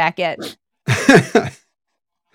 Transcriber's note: laughs